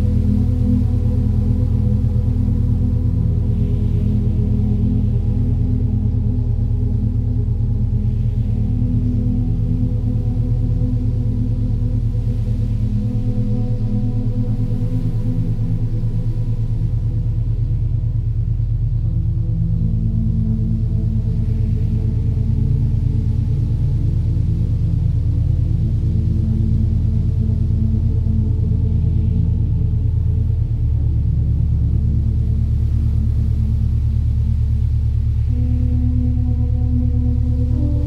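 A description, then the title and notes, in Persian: Binaural beats: a steady, dense drone of layered low tones at even loudness, with the deepest pitch shifting briefly near 13 seconds and again near 31. 107Hz - 116Hz. ضرباهنگهای دوگانه.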